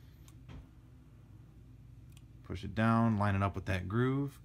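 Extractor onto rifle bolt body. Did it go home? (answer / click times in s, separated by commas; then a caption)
no / none. The steel extractor on an Arisaka Type 99 / Type 38 rifle bolt body is forced aside so it doesn't break, then lined up with the groove on the bolt. Two faint ticks are heard at about 0.3 s and 2.2 s over a low background, then someone talks. Nothing has seated or clicked yet; the extractor is pushed home afterward.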